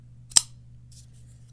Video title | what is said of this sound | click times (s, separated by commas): North Arm Knives Skaha II First Impressions | This knife also has a clack. This is an S110V Paramilitary 2. Listen to it. | 0.4 s